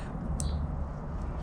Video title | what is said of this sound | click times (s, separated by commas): How to re-pin or de-pin Bosch ev6 or ev14 fuel injector clips with safety clip removal | go and slide that in all the way in until you hear the click | 0.4 s